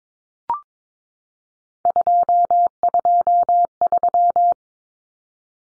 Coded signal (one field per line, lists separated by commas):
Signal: Morse code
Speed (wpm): 22 wpm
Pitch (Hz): 700 Hz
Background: none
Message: 223